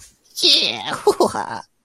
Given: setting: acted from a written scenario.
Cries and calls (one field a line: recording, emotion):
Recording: vocal sound without words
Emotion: elation